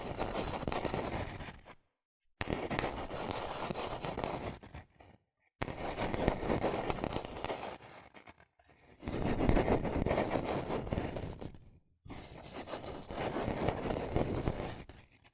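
Fast tapping and scratching on cardboard and paper comes in five dense bursts of about two to three seconds each, separated by short silences. Each burst is a rapid, gritty flurry of tiny strokes, bright and rough, with some bursts louder than others.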